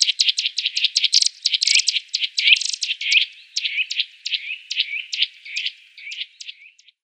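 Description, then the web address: Eurasian nuthatch calling in a long series of sharp, high notes, dense at first and becoming sparser toward the end. "Schulze Peter Eurasian Nuthatch calls"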